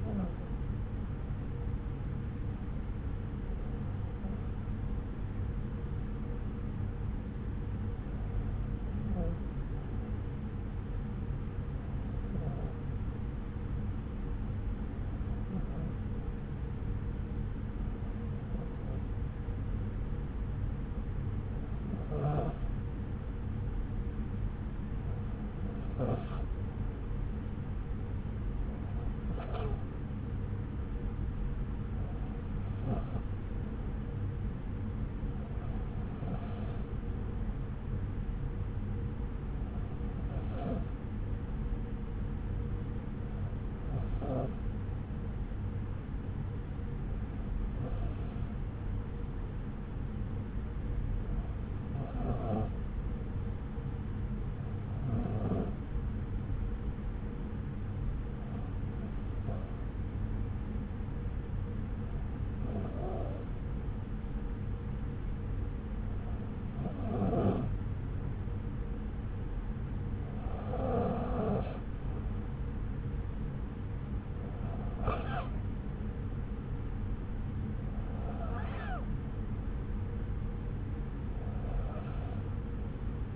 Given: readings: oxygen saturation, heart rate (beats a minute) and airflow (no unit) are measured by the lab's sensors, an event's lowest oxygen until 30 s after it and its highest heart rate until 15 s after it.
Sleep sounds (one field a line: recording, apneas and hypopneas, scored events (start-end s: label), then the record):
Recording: breathing in sleep by a smartphone at the bedside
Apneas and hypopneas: 1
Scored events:
3.00-34.10 s: hypopnea (N2, oxygen 94% highest, then 92% lowest)
29.00-59.00 s: new sleep stage, N1 (lightest sleep)
59.00-83.36 s: new sleep stage, N2 (light sleep)
From the record:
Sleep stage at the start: N2 (light sleep)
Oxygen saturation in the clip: 92 to 94%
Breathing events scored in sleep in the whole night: 303 in 8.1 hours asleep